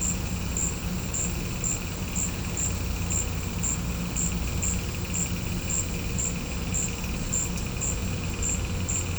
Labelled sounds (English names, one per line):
none